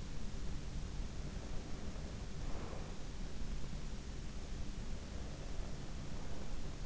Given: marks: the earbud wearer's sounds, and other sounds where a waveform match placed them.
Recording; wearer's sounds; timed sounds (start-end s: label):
sounds in sleep by an in-ear microphone; breath
1.36-2.99 s: breath